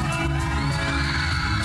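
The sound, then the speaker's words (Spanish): A crowd of women lets out a loud, sustained collective shout, many high voices yelling together in one continuous burst lasting under two seconds. “A ver, un grito fuerte.”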